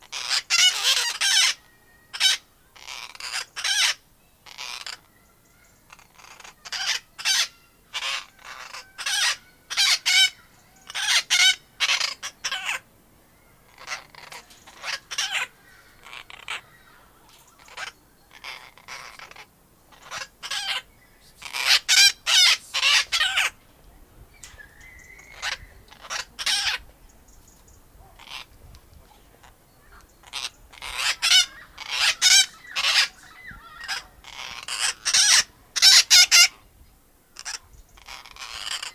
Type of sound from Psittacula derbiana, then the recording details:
call. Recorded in captivity. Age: adult. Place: Tiergarten Wilhelma/Stuttgart, Baden-Württemberg, DE. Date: 2000-09-24 17:45. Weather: bedeckt, 15°C. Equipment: Nagra SN, Kopie Uher 4000 Report Monitor. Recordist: Tembrock, Günter